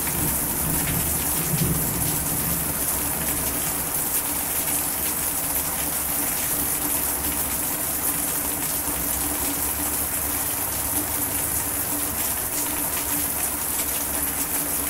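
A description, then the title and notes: Steady rain falls throughout, a dense, even hiss of countless drops with no pauses or swells. Underneath runs a low, constant rumble, and the level holds nearly flat across the whole fifteen seconds. AMBIENT RAIN SOUNDS.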